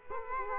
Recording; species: mosquito wingbeat signal from an infrared sensor; Culex quinquefasciatus